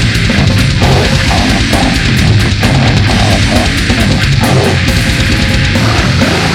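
Continuous low, irregular bubbling and gurgling heard over the oblique aponeurosis of an adult's abdominal wall: ordinary gurgling bowel sounds.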